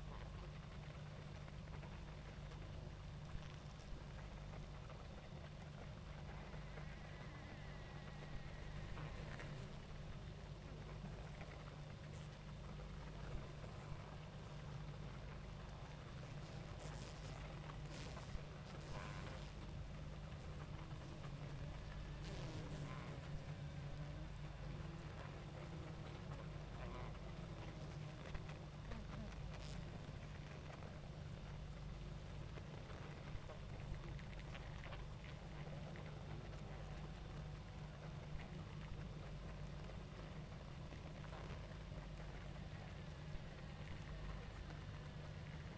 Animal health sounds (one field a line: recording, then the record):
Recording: honeybee colony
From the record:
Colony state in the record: active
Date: 28 July 2017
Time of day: 20:29